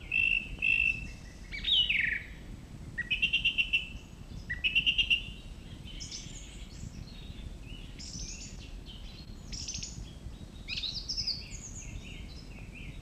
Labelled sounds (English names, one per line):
Song Thrush song